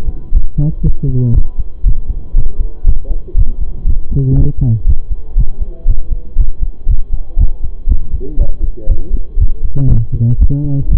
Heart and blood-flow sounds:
heart sounds by stethoscope; between the tricuspid and mitral areas; 119 bpm
0.33 s: heartbeat
0.83 s: heartbeat
1.34 s: heartbeat
1.84 s: heartbeat
2.35 s: heartbeat
2.85 s: heartbeat
3.35 s: heartbeat
3.85 s: heartbeat
4.36 s: heartbeat
4.86 s: heartbeat
5.36 s: heartbeat
5.87 s: heartbeat
6.37 s: heartbeat
6.87 s: heartbeat
7.37 s: heartbeat
7.88 s: heartbeat
8.38 s: heartbeat
8.88 s: heartbeat
9.38 s: heartbeat
9.88 s: heartbeat
10.38 s: heartbeat
10.89 s: heartbeat
From the record:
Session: pedaling a stationary bicycle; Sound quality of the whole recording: saturated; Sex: male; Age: 25 years

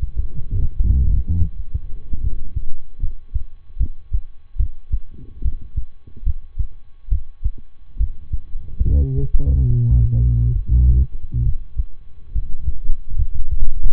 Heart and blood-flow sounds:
heart sounds by stethoscope; between the tricuspid and mitral areas; 71 bpm
0.52 s: heartbeat
1.37 s: heartbeat
2.20 s: heartbeat
2.99 s: heartbeat
3.76 s: heartbeat
4.56 s: heartbeat
5.41 s: heartbeat
6.23 s: heartbeat
7.08 s: heartbeat
7.96 s: heartbeat
8.81 s: heartbeat
9.66 s: heartbeat
10.52 s: heartbeat
11.42 s: heartbeat
12.31 s: heartbeat
13.15 s: heartbeat
From the record:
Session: rest, lying down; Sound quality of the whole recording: good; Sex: male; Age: 23 years

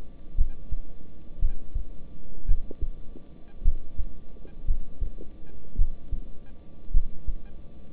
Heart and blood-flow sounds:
heart sounds by stethoscope; between the tricuspid and mitral areas; 55 bpm
0.36 s: heartbeat
1.39 s: heartbeat
2.46 s: heartbeat
3.63 s: heartbeat
4.65 s: heartbeat
5.76 s: heartbeat
6.92 s: heartbeat
From the record:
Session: rest, lying down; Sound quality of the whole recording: good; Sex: male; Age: 26 years

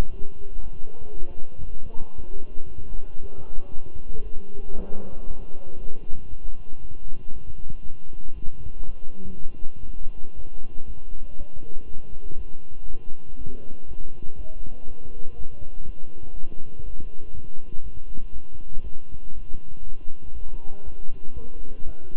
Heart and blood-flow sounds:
heart sounds by stethoscope; between the tricuspid and mitral areas; 119 bpm
0.10 s: heartbeat
0.62 s: heartbeat
1.13 s: heartbeat
1.65 s: heartbeat
2.16 s: heartbeat
2.68 s: heartbeat
3.20 s: heartbeat
3.71 s: heartbeat
4.23 s: heartbeat
4.75 s: heartbeat
5.26 s: heartbeat
5.78 s: heartbeat
6.29 s: heartbeat
6.81 s: heartbeat
7.32 s: heartbeat
7.83 s: heartbeat
8.34 s: heartbeat
8.85 s: heartbeat
9.35 s: heartbeat
9.85 s: heartbeat
10.35 s: heartbeat
10.86 s: heartbeat
11.37 s: heartbeat
11.86 s: heartbeat
12.36 s: heartbeat
12.86 s: heartbeat
13.37 s: heartbeat
13.87 s: heartbeat
14.37 s: heartbeat
14.87 s: heartbeat
15.36 s: heartbeat
15.85 s: heartbeat
16.34 s: heartbeat
16.84 s: heartbeat
17.33 s: heartbeat
17.82 s: heartbeat
18.32 s: heartbeat
18.83 s: heartbeat
19.33 s: heartbeat
19.83 s: heartbeat
20.33 s: heartbeat
20.84 s: heartbeat
21.34 s: heartbeat
21.85 s: heartbeat
From the record:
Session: walking at 3.7 km/h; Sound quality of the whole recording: good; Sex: male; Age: 23 years

